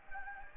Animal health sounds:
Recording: mosquito wingbeat signal from an infrared sensor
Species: Anopheles gambiae

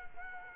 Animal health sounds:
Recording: mosquito wingbeat signal from an infrared sensor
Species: Culex quinquefasciatus

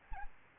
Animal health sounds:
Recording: mosquito wingbeat signal from an infrared sensor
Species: Aedes albopictus

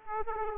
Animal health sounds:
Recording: mosquito wingbeat signal from an infrared sensor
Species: Aedes aegypti

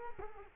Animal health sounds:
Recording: mosquito wingbeat signal from an infrared sensor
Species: Culex quinquefasciatus

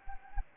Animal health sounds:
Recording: mosquito wingbeat signal from an infrared sensor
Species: Anopheles gambiae

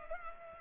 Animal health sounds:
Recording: mosquito wingbeat signal from an infrared sensor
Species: Culex pipiens

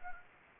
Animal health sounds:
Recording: mosquito wingbeat signal from an infrared sensor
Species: Anopheles gambiae

